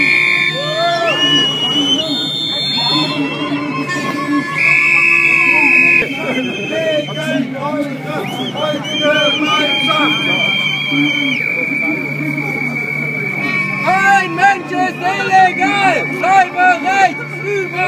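An anti-Nazi protest, loud and dense from start to finish: a crowd of voices mixes with shrill held whistle and horn tones and quick rising and falling whistle blasts. The sound shifts abruptly around six seconds, and sharp whistling bursts crowd the last few seconds.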